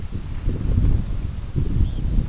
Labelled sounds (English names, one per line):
Red Phalarope